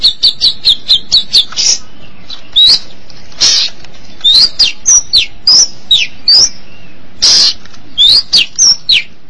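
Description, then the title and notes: Long-tailed Shrike song: a varied run of short whistled and chirped notes, some rising and some falling, with harsher bursts mixed in and brief pauses between phrases. Recorded March 2017. "Suara burung pentet"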